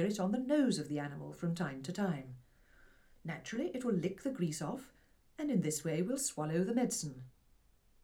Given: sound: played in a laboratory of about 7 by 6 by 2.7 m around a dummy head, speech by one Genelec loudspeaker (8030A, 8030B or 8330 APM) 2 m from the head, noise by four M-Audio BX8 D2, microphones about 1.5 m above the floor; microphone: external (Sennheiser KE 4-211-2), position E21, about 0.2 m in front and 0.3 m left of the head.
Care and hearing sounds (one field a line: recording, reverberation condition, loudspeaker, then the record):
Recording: female speech in English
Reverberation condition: low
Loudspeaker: 30 degrees to the left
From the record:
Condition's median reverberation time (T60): about 310 ms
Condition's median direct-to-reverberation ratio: about 3.5 dB